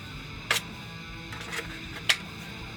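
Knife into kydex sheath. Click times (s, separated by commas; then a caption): 2.1 s. A finished knife blade is pushed into a newly formed kydex sheath until the retention grabs it. A sharp hit is heard at 0.5 s, then faint scraping around 1.3–1.6 s, and a sharp snap at 2.1 s as the knife seats in the sheath.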